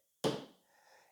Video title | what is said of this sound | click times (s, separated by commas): Test & Reveiw The Veiko Hinge Jig // Quick Release System // Vid#93 | push it up against your stoppers and you'll hear a click | 0.2 s